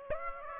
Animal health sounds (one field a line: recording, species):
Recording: mosquito wingbeat signal from an infrared sensor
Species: Aedes aegypti